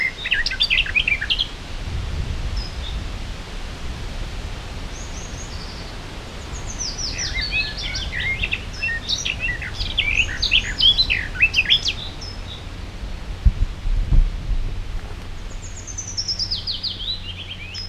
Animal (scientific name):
Sylvia borin